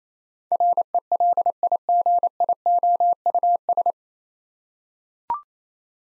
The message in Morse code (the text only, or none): RELIGIOUS